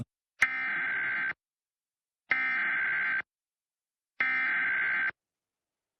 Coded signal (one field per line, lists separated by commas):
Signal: Emergency Alert System (SAME) tones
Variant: header bursts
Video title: Tsunami Warning - EAS Captrue - 7/29/25 11:57 PM CDT